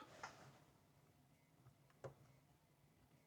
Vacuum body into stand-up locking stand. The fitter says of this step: When you lift the vacuum cleaner up, it locks into place.